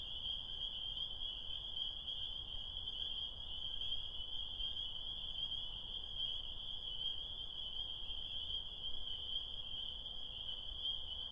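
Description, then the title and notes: Spring peeper: massed high-pitched peeping of spring peepers merging into a steady, shimmering drone that holds evenly throughout, over faint low background noise. Small frogs singing on a spring night, recorded on the way home from Connecticut. "Spring Peepers!. these tiny frogs sing their desire on a spring night"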